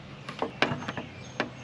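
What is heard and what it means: A plastic license plate lamp housing on a BMW X5 E70, fitted after a bulb replacement, is pushed up into its rear trim opening until its spring clip locks. Among several light taps and knocks, a sharp click at 0.6 s marks the housing snapping home, followed by another knock near 1.4 s. The housing is seated.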